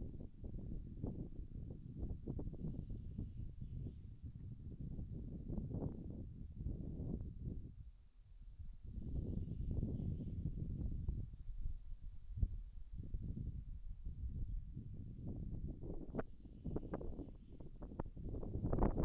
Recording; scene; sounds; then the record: everyday scene through a hearing-aid microphone; wind on the microphone; wind, birds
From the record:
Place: in front of a rural house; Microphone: behind the ear, left, front